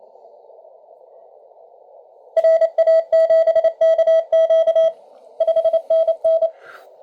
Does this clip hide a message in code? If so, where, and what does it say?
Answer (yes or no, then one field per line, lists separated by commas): yes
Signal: Morse code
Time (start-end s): 2.4-6.5 s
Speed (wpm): 28 wpm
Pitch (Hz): 650 Hz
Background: none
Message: RA7KQ 5NN